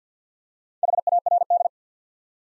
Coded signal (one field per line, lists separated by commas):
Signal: Morse code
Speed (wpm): 50 wpm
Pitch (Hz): 700 Hz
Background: none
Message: HARD